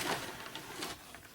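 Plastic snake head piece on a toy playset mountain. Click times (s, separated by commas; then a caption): 0.6 s. A plastic snake head piece is pressed onto the tower of a toy playset mountain, with a sharp plastic snap at 0.6 s as it seats in place. Softer plastic rustles and brief knocks follow at about 0.8 s and 1.4 s.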